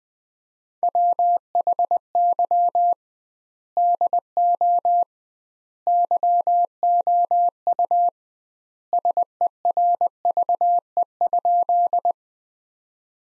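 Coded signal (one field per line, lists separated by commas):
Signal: Morse code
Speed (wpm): 20 wpm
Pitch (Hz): 700 Hz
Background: none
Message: WHY DO YOU SERVE?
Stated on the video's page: Practice sentences from the top 400 words at 20 wpm with double standard word spacing, a Farnsworth-like method applied to words.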